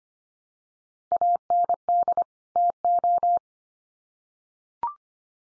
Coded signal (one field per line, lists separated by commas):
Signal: Morse code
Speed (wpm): 25 wpm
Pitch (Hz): 700 Hz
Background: none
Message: AND TO